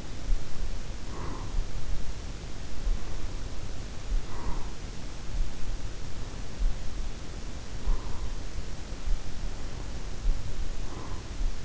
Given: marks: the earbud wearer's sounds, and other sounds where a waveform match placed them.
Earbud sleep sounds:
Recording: sounds in sleep by an in-ear microphone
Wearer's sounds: breath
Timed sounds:
0.00-1.91 s: breath
2.75-5.09 s: breath
6.72-8.63 s: breath
9.64-11.65 s: breath

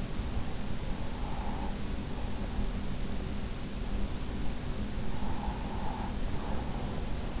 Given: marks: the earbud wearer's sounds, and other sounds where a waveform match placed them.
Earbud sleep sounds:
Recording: sounds in sleep by an in-ear microphone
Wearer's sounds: breath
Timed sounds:
0.89-2.52 s: breath
4.86-7.40 s: breath

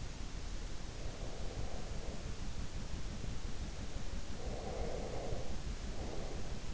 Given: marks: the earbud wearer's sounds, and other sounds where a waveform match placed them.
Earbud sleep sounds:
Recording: sounds in sleep by an in-ear microphone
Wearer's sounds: breath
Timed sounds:
0.89-2.72 s: breath
4.32-6.74 s: breath

